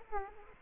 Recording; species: mosquito wingbeat signal from an infrared sensor; Aedes aegypti